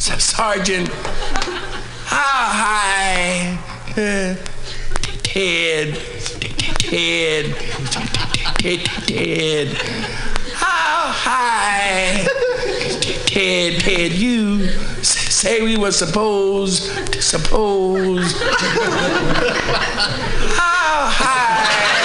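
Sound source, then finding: Man imitating a stutter. Stuttering (imitated).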